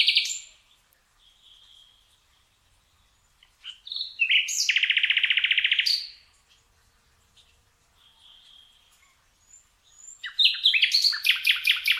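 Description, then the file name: Common nightingale song: varied phrases of whistles and rich notes, a loud rapid buzzy rattle in the middle, then a fast repeated chattering burst near the end, with quiet pauses between. "Luscinia megarhynchos"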